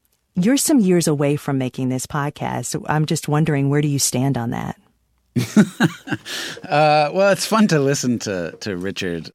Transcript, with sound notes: You're some years away from making this podcast, so I'm just wondering where do you stand on that.
(Laughter) Well, it's fun to listen to Richard.